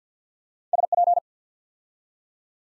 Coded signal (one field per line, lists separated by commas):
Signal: Morse code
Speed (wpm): 48 wpm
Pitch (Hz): 700 Hz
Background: none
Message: SP